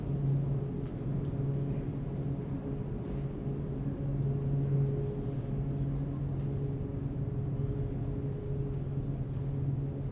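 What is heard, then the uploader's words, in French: A low, steady rumble of a metro train fills the recording, with a strong hum around the lower range that pulses slightly as the car moves. The level stays even throughout, with faint higher squeaks and rattles near the four-second mark. Balade binaural dans le Montréal de l'hiver. Le métro, et la vie dans les souterrains du métro.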